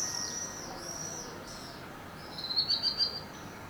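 Swifts give a short high scream at the start, then a louder burst of several shrill pulses near the end, against faint background hiss.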